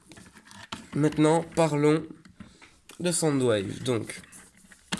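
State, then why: Seated. A plastic accessory on a Transformers Studio Series 51 Deluxe Class Soundwave transforming robot toy is pressed onto the vehicle-mode roof and snaps into place. Someone talks through most of the clip, with a few faint handling ticks. The accessory clips on with a sharp click at 4.9 seconds.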